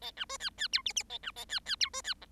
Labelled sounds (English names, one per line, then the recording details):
Bengalese Finch song
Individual Bird7